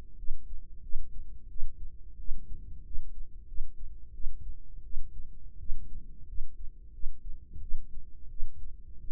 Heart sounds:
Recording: heart sounds by microphone in the right ear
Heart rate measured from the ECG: 88 bpm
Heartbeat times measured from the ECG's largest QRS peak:
0.18 s: heartbeat
0.83 s: heartbeat
1.50 s: heartbeat
2.19 s: heartbeat
2.85 s: heartbeat
3.47 s: heartbeat
4.14 s: heartbeat
4.84 s: heartbeat
5.59 s: heartbeat
6.27 s: heartbeat
6.93 s: heartbeat
7.61 s: heartbeat
8.30 s: heartbeat
9.01 s: heartbeat
From the record:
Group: healthy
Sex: female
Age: 22 years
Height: 157 cm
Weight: 47.6 kg

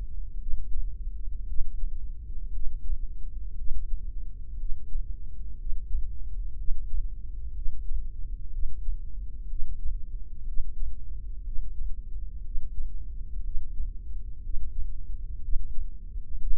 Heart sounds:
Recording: heart sounds by microphone in the left ear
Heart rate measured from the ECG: 60 bpm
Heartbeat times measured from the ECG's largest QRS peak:
0.39 s: heartbeat
1.47 s: heartbeat
2.52 s: heartbeat
3.56 s: heartbeat
4.58 s: heartbeat
5.57 s: heartbeat
6.57 s: heartbeat
7.54 s: heartbeat
8.51 s: heartbeat
9.48 s: heartbeat
10.46 s: heartbeat
11.44 s: heartbeat
12.43 s: heartbeat
13.43 s: heartbeat
14.42 s: heartbeat
15.41 s: heartbeat
16.39 s: heartbeat
From the record:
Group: heart failure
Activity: breath hold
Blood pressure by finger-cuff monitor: 115/80 mmHg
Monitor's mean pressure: 90 mmHg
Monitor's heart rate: 60 bpm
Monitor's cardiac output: 5.2 L/min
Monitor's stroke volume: 86 mL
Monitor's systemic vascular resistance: 1280 dyn s/cm5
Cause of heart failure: idiopathic cardiomyopathy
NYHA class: 1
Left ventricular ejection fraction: 50%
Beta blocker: bisoprolol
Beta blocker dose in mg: 5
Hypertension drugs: candesartan, spironolactone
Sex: male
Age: 54 years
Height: 180 cm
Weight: 94.6 kg

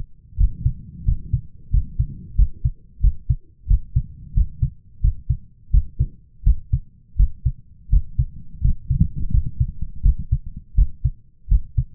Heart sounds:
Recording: heart sounds by stethoscope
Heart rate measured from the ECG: 86 bpm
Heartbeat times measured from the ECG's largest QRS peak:
0.37 s: heartbeat
1.04 s: heartbeat
1.70 s: heartbeat
2.35 s: heartbeat
3.00 s: heartbeat
3.67 s: heartbeat
4.33 s: heartbeat
5.01 s: heartbeat
5.71 s: heartbeat
6.43 s: heartbeat
7.16 s: heartbeat
7.89 s: heartbeat
8.61 s: heartbeat
9.30 s: heartbeat
10.02 s: heartbeat
10.75 s: heartbeat
11.48 s: heartbeat
From the record:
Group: healthy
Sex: male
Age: 23 years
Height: 179 cm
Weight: 87 kg

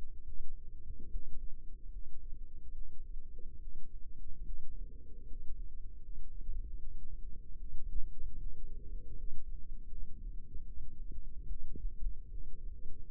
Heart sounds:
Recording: heart sounds by microphone in the left ear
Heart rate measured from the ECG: 75 bpm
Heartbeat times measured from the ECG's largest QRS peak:
0.23 s: heartbeat
1.09 s: heartbeat
1.90 s: heartbeat
2.72 s: heartbeat
3.58 s: heartbeat
4.44 s: heartbeat
5.26 s: heartbeat
6.01 s: heartbeat
6.78 s: heartbeat
7.57 s: heartbeat
8.37 s: heartbeat
9.14 s: heartbeat
9.87 s: heartbeat
10.64 s: heartbeat
11.47 s: heartbeat
12.29 s: heartbeat
13.06 s: heartbeat
From the record:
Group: healthy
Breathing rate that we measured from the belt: 16 breaths a minute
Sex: female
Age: 22 years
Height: 160 cm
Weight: 63 kg

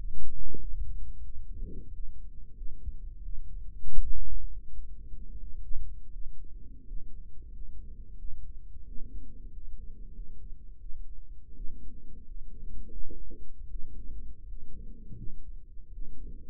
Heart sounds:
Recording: heart sounds by microphone in the right ear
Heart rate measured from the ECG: 86 bpm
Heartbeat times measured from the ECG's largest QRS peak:
0.58 s: heartbeat
1.22 s: heartbeat
1.92 s: heartbeat
2.54 s: heartbeat
3.22 s: heartbeat
3.99 s: heartbeat
4.70 s: heartbeat
5.37 s: heartbeat
6.10 s: heartbeat
6.84 s: heartbeat
7.50 s: heartbeat
8.16 s: heartbeat
8.84 s: heartbeat
9.50 s: heartbeat
10.12 s: heartbeat
10.78 s: heartbeat
11.53 s: heartbeat
12.23 s: heartbeat
12.89 s: heartbeat
13.67 s: heartbeat
14.45 s: heartbeat
15.15 s: heartbeat
15.90 s: heartbeat
From the record:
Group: healthy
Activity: rest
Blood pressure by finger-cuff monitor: 99/64 mmHg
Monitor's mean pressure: 73 mmHg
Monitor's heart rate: 90 bpm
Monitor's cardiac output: 5.9 L/min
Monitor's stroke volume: 66 mL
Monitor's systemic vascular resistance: 870 dyn s/cm5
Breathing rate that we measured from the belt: 25 breaths a minute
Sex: male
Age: 22 years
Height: 181 cm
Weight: 60 kg

